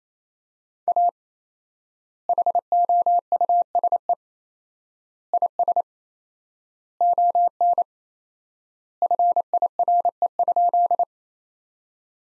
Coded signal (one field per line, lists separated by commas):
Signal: Morse code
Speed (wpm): 27 wpm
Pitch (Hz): 700 Hz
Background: none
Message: A HOUSE IS ON FIRE?